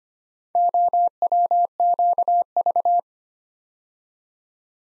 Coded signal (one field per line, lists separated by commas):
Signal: Morse code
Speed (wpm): 25 wpm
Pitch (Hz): 700 Hz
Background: none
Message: OWQV